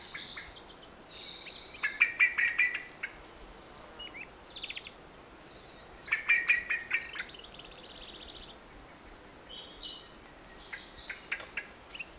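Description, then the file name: Common blackbird repeating two bursts of rapid, ringing chink calls several seconds apart, while other small birds twitter and trill high above. "Turdus merula"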